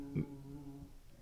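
A low, droning gurgle rises and fades over about a second: ordinary stomach growling in an adult, loud enough to be mistaken for a dog.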